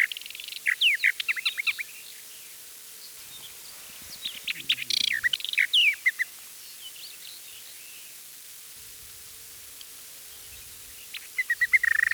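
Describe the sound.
Eastern Orphean warbler song in bursts: a jumble of quick warbled notes, a pause, another short burst, then silence before a final brief scratchy phrase.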